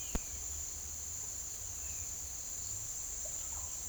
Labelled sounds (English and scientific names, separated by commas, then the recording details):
Violaceous Jay (Cyanocorax violaceus), Russet-backed Oropendola (Psarocolius angustifrons)
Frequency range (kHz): Violaceous Jay (Cyanocorax violaceus) 1.5-3.9 kHz; Russet-backed Oropendola (Psarocolius angustifrons) 0.4-2.0 kHz
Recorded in secondary vegetation near Puerto Asís, Putumayo, Colombia, on 24 June 2025
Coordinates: 0.488, -76.319
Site G094